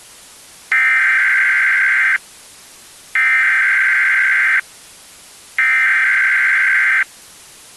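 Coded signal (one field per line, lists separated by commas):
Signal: Emergency Alert System (SAME) tones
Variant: header bursts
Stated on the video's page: Fictional EAS scenario, simulated alert.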